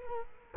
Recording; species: mosquito wingbeat signal from an infrared sensor; Culex quinquefasciatus